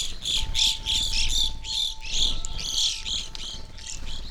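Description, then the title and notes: Evening grosbeak flock calls, steady overlapping high chirps, with a thin continuous tone in the background. Flock of birds feeding on sunflower seeds at a backyard feeder hanging in a birch tree; relatively warm winter morning; McCloud, Siskiyou County, California; recorded with two microphones on either side of the tree trunk. "I recorded this at my home in the small town of McCloud in Siskiyou County, California. It was a relatively warm winter morning, and a flock of Evening Grosbeaks was busily eating a breakfast of sunflower seeds from a feeder hanging from the branch of a birch tree in my backyard."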